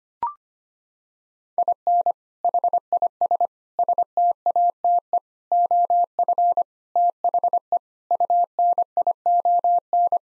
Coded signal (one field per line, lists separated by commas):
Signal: Morse code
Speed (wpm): 25 wpm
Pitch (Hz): 700 Hz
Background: none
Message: IN HIS STATE OF THE UNION